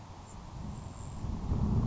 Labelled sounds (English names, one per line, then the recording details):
Grasshopper Sparrow
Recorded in Sonoma County, California